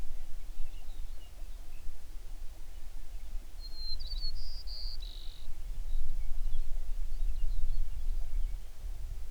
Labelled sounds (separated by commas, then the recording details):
songbird
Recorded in the Prudhoe Bay oil fields, Alaska, on 11 June 2019 at 05:05
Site 21